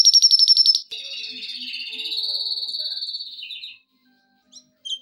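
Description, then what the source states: Canary song beginning with a rapid burst of identical high chirps, then a long wavering warbled trill, with a few faint notes near the end. Canary song intended for training.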